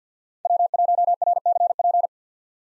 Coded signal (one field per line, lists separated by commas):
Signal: Morse code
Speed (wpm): 50 wpm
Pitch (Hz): 700 Hz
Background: none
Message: W1RCP